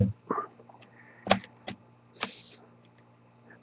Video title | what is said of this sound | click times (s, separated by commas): Acer Aspire One 756 Netbook Screen Replacement Procedure | find a finger hold somewhere and listen for snapping sounds | 1.3 s